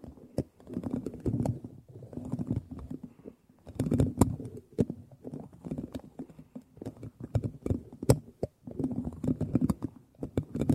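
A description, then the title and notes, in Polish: Teaspoons clatter and tap in irregular bursts of sharp, bright clicks over a low, rumbling undertone, with brief lulls between clusters. Łyżeczki.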